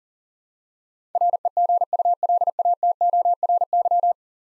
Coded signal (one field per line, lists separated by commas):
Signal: Morse code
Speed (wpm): 37 wpm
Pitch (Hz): 700 Hz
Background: none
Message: REGULATORY